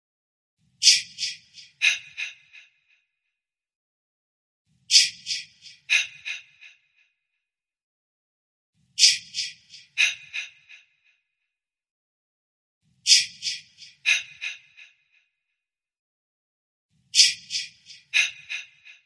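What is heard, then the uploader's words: A whispered, breathy "ch ch ch ah ah ah" chant repeats five times, about every four seconds, with silence between. Each round is a quick run of sharp, hissing bursts, high and airy with almost no low voice, heard against a dead-quiet background. THE CH CH CH AH AH AH.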